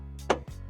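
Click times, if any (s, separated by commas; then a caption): 0.3 s. The included folding e-bike ramp for a budget e-bike hitch rack is opened, and its end is fitted into the two openings on the side of the rack. A softer rustling onset at 0.2 s leads into a sharp, strong hit at 0.3 s, over a steady low hum. The ramp end seats and locks into place in the rack.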